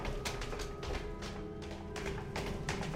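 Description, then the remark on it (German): Footsteps climb a staircase in a steady rhythm of roughly eight firm, dull taps, with a constant low hum running underneath and no voices. “Die Treppe hoch.”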